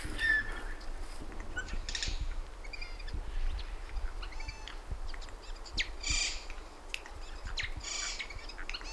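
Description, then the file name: Eurasian jay with soft, scratchy screeches and harsh bursts scattered irregularly, accompanied by faint clicks and a low background hiss. "Garrulus glandarius"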